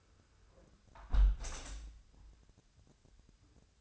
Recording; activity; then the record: daily activity, microphone in the room; close window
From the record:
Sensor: 2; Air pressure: 1014.7 hPa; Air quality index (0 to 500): 27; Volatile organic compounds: 1 ppm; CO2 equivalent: 513 ppm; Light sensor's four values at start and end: 8/20/8/8 and 8/19/8/8